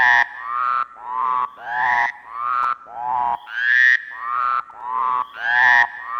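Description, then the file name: Frog croaks in a steady run of harsh, harmonic notes, with brief gaps between them. "Kearns Corrected Thesis DIGITAL APPENDIX H Frogs"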